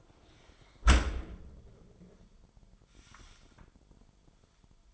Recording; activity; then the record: daily activity, microphone in the room; close dishwasher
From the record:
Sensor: 5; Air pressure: 998.5 hPa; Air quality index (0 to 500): 80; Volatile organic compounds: 1 ppm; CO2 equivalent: 913 ppm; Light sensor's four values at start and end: 27/64/27/30 and 28/65/28/31